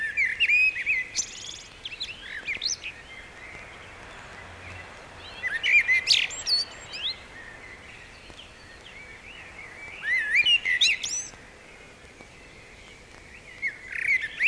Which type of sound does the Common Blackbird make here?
song